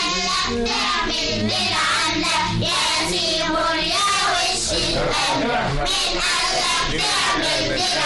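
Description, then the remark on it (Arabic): A crowd of boys shouts and yells together, a loud, dense mass of overlapping voices that keeps going steadily for the whole stretch, rising in bursts without any pause. “سامعين الولاد يا رجاله؟”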